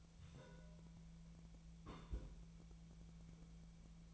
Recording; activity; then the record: daily activity, microphone in the room; place on stove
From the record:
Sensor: 1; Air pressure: 1009.9 hPa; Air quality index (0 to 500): 187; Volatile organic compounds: 17 ppm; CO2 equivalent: 2570 ppm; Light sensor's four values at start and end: 37/95/40/48 and 37/95/40/48